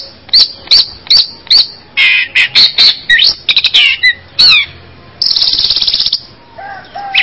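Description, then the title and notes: Bird song made of sharp high chirps, a few evenly spaced, then varied rapid notes, ending in a dense buzzy trill and lower whistled notes. "Bird Sound. Kicau Burung Lengkap"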